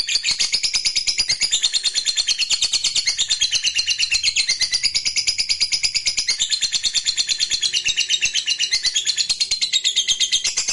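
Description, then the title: Lovebird long trill, an unbroken stream of rapid, shrill chattering notes running steadily throughout. Fighter lovebird giving the ngekek panjang, a long continuous trill. "Suara Lovebird FIGHTER NGEKEK PANJANG"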